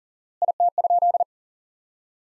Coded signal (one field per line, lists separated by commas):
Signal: Morse code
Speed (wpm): 40 wpm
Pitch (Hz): 700 Hz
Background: none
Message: IT?